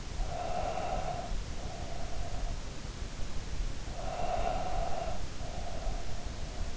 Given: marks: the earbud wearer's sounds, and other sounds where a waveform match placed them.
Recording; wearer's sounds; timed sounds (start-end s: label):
sounds in sleep by an in-ear microphone; breath
0.05-2.83 s: breath
3.91-6.73 s: breath